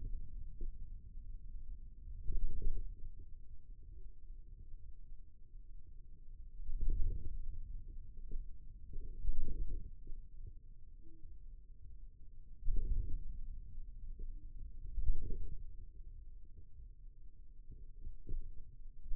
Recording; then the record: forearm muscle sounds (acoustic myography)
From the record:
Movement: wrist flexion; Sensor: system 2, bracelet of six BSWA MPA416 microphones around the upper forearm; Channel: 3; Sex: male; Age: 22 years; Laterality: right